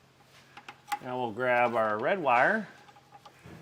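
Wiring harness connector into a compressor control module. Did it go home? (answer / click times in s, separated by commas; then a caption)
yes / 0.6 s, 0.7 s. A wiring harness plug is clicked into the top of the Air Lift compressor control module, with its red tab facing the frame rail, while setting up an Air Lift WirelessONE compressor system for air helper springs on a 2024 GMC Sierra 2500. Two quiet clicks at 0.6 s and 0.7 s mark the connector seating, and the red locking tab is then pushed over to lock it. Someone talks afterward.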